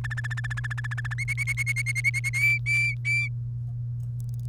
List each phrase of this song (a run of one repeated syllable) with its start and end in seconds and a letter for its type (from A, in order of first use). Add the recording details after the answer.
0.04-1.14 A, 1.18-2.29 B, 2.33-3.28 C. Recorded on 1 May 2018 at 15:29. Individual llb3